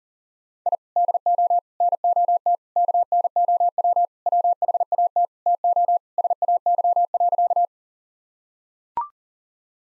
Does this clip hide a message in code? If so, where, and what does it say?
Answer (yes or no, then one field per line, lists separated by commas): yes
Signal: Morse code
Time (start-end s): 0.7-7.7 s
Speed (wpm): 40 wpm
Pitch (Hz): 700 Hz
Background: none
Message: I DO NOT KNOW WHAT TO SAY.